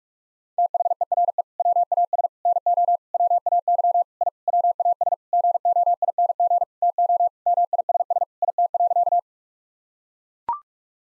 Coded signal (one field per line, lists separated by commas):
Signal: Morse code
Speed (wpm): 41 wpm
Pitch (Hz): 700 Hz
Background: none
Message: THERE WAS NO WAY I WAS GOING TO MISS IT.